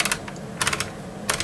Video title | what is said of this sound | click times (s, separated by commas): Franchi Affinity Disassembly and Cleaning | and tighten it up start it'll start clicking if you hear that | 0.0 s, 0.1 s, 0.6 s, 0.7 s, 1.3 s